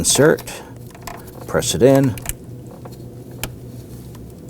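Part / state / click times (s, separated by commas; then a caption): ABS wheel speed sensor connector into vehicle wiring harness connector / not seated / none. Someone talks while handling the plastic electrical connector of a new ABS wheel speed sensor on a 2005-2009 Subaru Legacy, lining it up with its mating vehicle wiring harness connector and pressing it in. Faint ticks and a sharp tap near 3.4 s are heard over a quiet background. Nothing has seated or clicked yet; the connector is not yet home.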